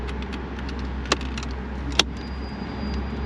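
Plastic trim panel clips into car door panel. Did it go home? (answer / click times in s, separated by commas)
yes / 1.1 s, 2.0 s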